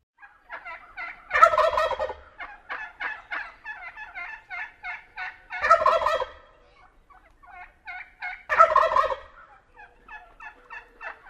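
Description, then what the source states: Wild Turkey gobbling: three loud rattling gobbles, with softer notes running between them. Gobbling is the breeding sound, not heard at this time of year (Thanksgiving).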